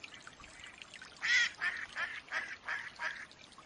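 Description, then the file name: Mallard quacks in a quick burst, the first loud and harsh, the following few softer and closely spaced. Female mallard hen quacking. "Mallard duck quacking call sounds Female Hen"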